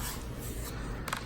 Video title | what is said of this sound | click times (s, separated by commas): NEW CND LED LAMP 2019 UNBOXING & REVIEW [PRO ONLY] | okay so you don't have to hold down the button when you lock into place okay | 1.1 s